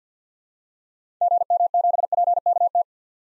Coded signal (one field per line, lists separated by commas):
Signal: Morse code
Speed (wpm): 50 wpm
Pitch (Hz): 700 Hz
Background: none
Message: GM7PKT